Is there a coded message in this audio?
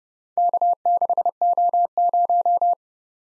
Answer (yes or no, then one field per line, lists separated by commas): yes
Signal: Morse code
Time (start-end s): 0.4-2.7 s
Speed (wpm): 30 wpm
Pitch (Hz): 700 Hz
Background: none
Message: K6O0